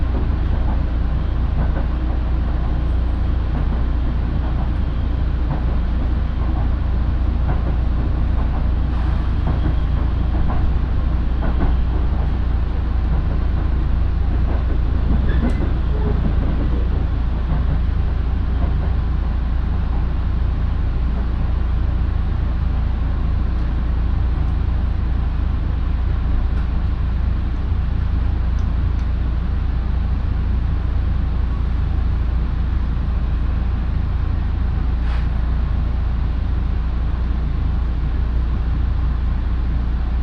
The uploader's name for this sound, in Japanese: 身延線普通 芝川→身延